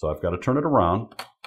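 A pistol magazine for an S&W FPC 9mm carbine is handled at the magazine well in the stock after it would not go in the wrong way round, and it is turned over to be inserted. Someone talks through most of the clip, with a short sharp sound near the end at 1.5 s. Nothing has seated or clicked into the well yet.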